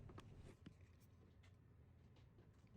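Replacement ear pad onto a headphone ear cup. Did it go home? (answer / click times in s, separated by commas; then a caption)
no / none. A new replacement ear pad is positioned on the ear cup of Sony MDR-100ABN / WH-H900N wireless headphones, with its seam aligned at the bottom, before it is squeezed so its clips snap in. Only faint handling and rustling sounds are heard, with brief soft ticks near 0.7 s and 2.8 s. Nothing has seated or clicked yet.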